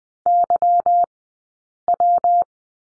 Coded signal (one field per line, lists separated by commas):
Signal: Morse code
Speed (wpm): 19 wpm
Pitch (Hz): 700 Hz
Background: none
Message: Y W